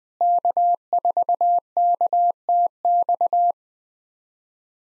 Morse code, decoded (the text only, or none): K4KTX